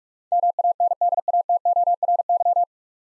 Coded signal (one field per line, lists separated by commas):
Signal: Morse code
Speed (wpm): 43 wpm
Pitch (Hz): 700 Hz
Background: none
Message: MANDATORY